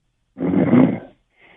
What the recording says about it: He's sleeping. You can hear him snoring in the background. He was on hold for about 32 minutes. He was in bed probably and just fell asleep.